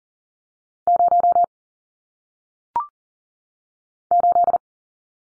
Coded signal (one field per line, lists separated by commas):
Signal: Morse code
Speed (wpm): 38 wpm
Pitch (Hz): 700 Hz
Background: none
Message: 0 8